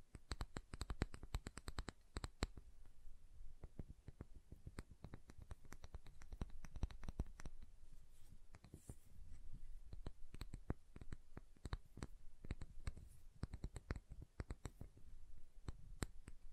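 Someone taps on and carves into a bar of soap, making dense, quick clicks and scrapes that come in bursts for the whole stretch. The sharp, bright ticks cluster in irregular runs with brief gaps, over a low, soft rustle underneath.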